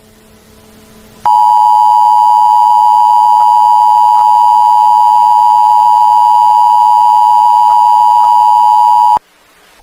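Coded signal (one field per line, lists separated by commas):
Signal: Emergency Alert System (SAME) tones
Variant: 853 and 960 Hz attention tone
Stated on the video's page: Fictional EAS scenario, not a real alert.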